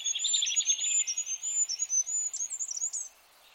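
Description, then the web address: A bird gives a fast series of sharp, high-pitched whistles, with warbling chirps beneath early on; ends abruptly after about three seconds. "birddata Deverinetal 2025"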